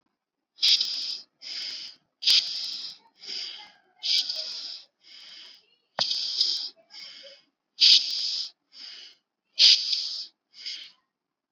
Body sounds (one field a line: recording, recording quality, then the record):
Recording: shallow breathing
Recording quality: excellent, no background noise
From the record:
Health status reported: recovered from COVID-19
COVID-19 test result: positive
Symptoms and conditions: fatigue, loss of smell and taste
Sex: male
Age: 34 years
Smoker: not ticked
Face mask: not worn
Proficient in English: yes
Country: India